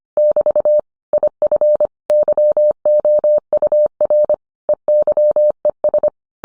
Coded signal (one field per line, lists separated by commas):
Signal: Morse code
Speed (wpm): 25 wpm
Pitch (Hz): 600 Hz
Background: none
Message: <BT> IF YOUR EYES